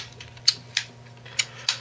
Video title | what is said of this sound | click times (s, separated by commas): Unboxing: Mefferts 4D8 | but also these tips the rotate they snap into place right now actually | 0.5 s, 0.8 s, 1.4 s, 1.7 s